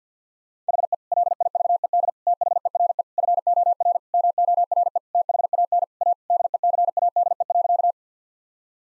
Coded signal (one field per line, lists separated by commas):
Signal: Morse code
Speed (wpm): 50 wpm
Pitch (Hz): 700 Hz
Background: none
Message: HE LIVED THERE FOR MORE THAN A DECADE.